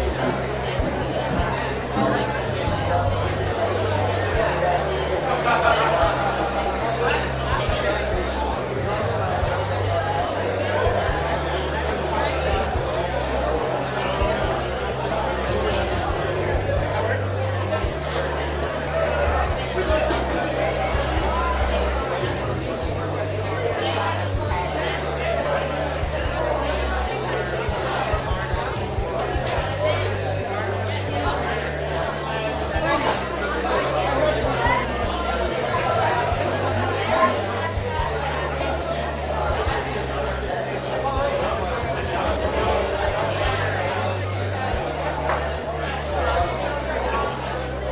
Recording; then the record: background sound without coughing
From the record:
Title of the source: CITY SOUNDS Busy Bar in the Evening Night - 2 HOURS of Ambiance for Relaxation